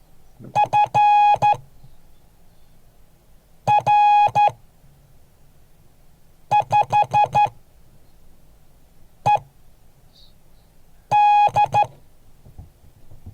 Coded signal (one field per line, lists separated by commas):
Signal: Morse code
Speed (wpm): 12 wpm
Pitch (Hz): 830 Hz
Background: none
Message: FR5ED